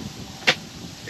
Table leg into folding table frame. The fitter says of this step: just locks into place like so and that happens all the way around